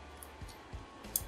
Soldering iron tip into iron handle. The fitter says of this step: a gente reconecta aqui até o fundo e até encaixar, na verdade, depois aperta aqui, ela já está no lugar.